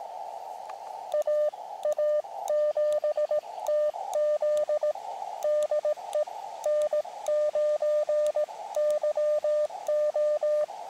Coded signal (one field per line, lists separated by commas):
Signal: Morse code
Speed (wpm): 18 wpm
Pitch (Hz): 600 Hz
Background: radio noise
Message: AA7TZ DE N9YO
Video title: Ham Radio Camping Adventure | QRP CW | Elecraft KX2 Outdoor Portable